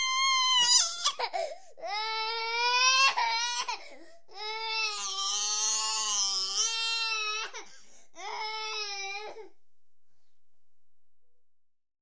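Four sustained, high-pitched wailing cry bursts with clear tonal voicing and breaths between, from a 4-year-old child.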